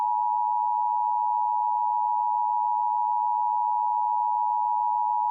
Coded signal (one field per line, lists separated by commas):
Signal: Emergency Alert System (SAME) tones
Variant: 853 and 960 Hz attention tone